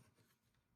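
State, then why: Not seated. A Newage H72 Typhon plastic upgrade-kit part is handled on a Volcanicus/Dinoking QQT Liberation transforming robot figure as the hand is opened, the fist closed and the part rotated, producing soft rubbing and rasping plastic handling noise. Nothing has seated or clicked yet.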